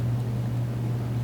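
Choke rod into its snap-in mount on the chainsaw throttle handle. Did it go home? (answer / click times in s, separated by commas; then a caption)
no / none. The choke rod end on a John Deere 550CS (Homelite 8800) chainsaw is pressed with a finger toward its snap-in mount on the new tank and throttle handle assembly, a tough snap that takes a lot of force. Only a steady low hum around 100–150 Hz is heard, with no sudden sounds. Nothing has seated or clicked yet.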